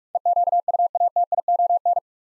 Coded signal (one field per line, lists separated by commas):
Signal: Morse code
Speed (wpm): 44 wpm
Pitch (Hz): 700 Hz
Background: none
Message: EQUATION